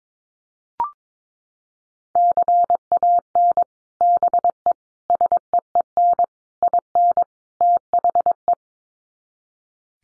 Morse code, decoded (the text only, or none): CAN BE SEEN IN THE